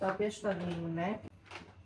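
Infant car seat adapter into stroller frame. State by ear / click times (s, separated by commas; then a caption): not seated / none. Someone talks while fitting the first of the supplied adapters for the infant car seat onto the stroller frame, with a brief broadband tick near 1.3 s followed by quieter handling noise. Nothing has seated or clicked yet; the adapter is still being handled when the clip ends.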